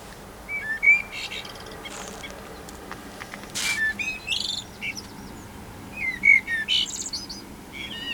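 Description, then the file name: Common blackbird giving repeated short phrases of mellow mid-pitched whistles ending in high scratchy twitters. "Turdus merula"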